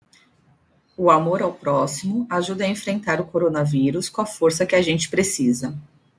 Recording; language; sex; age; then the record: spoken sentence; Brazilian Portuguese; female; 30 to 39 years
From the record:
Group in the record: control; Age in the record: 39 years